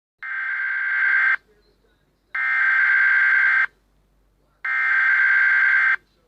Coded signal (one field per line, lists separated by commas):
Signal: Emergency Alert System (SAME) tones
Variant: header bursts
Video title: EAS Scenario : The end of North America [Scale-9 Asteroid Scenario]